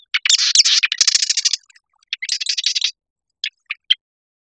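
Marsh wren giving rapid, buzzy rattling trills, two dense bursts in the first three seconds, followed by a few short separate chips.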